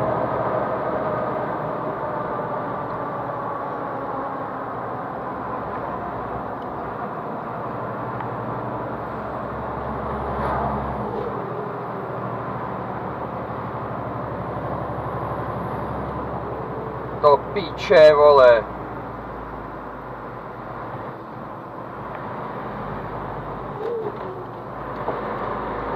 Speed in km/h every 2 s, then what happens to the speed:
67, 63, 58, 53, 48, 47, 40, 38, 34, 31, 26, 24, 16.
0-26 slows to 16.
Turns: none.